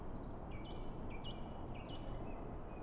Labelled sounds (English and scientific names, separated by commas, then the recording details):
Song Thrush (Turdus philomelos)
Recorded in Germany
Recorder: ecoPi